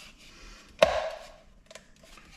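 A wireless charger puck is slid into its recess in the plastic mid shelf of a Porsche 911 (996) dashboard mount, with its cable fed through a small hole, and pushed until it pops right in. A sharp snap lands at 0.8 s with a brief rustling tail, followed by a fainter tick at 1.8 s. The charger is seated.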